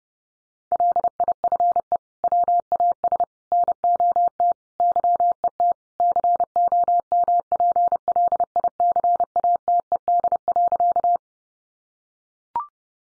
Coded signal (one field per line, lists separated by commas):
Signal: Morse code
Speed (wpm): 29 wpm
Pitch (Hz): 700 Hz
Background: none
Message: LIFE WAS NOT YET COMPLICATED.